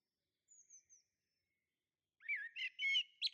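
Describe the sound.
Bird chirping: thin, very high faint notes first, then after a pause a loud burst of varied chirps and twittering notes that cuts off abruptly.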